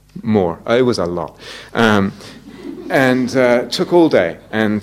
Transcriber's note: laughter